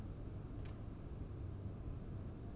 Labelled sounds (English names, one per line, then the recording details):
none
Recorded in Germany
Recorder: ecoPi